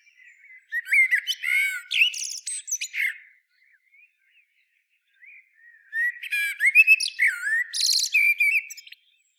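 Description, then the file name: Common blackbird singing two phrases separated by a pause, mellow rising and falling whistles followed by thin, scratchy high twitters at each phrase's end. "Turdus merula"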